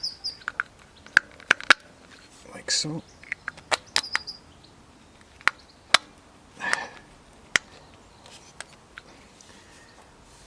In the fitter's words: Put your HT leads back on and you'll hear them click in, like so.